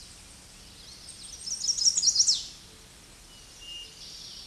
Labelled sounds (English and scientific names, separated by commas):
Chestnut-sided Warbler (Setophaga pensylvanica) song